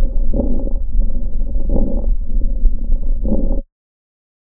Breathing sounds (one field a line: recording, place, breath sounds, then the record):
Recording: lung sounds by stethoscope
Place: right posterior upper chest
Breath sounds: crackles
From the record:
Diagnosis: bronchitis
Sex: male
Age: 24 years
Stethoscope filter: diaphragm mode, 100 to 500 Hz